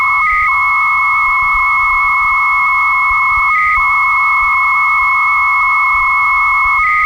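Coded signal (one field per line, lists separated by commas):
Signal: 300-baud modem data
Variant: Bell 103 300 baud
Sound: two continuous buzzing tones, low one warbling with data, high one mostly steady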